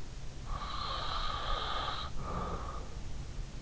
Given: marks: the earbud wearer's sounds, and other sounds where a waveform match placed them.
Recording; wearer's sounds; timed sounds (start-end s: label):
sounds in sleep by an in-ear microphone; breath
0.17-3.15 s: breath